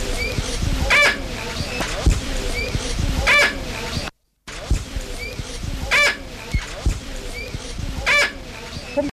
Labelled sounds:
Maroon Shining Parrot (Prosopeia tabuensis) call

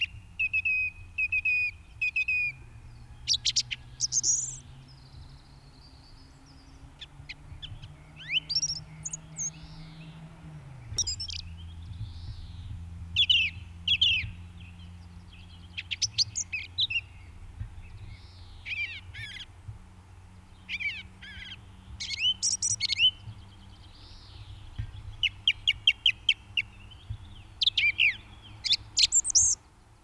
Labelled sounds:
Song Thrush (Turdus philomelos) song

